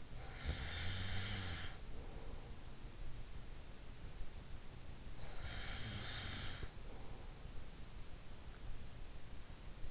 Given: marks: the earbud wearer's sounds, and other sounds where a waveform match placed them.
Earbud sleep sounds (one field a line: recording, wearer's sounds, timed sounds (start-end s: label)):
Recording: sounds in sleep by an in-ear microphone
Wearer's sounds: snoring breath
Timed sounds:
0.00-2.79 s: snoring breath
5.34-7.54 s: snoring breath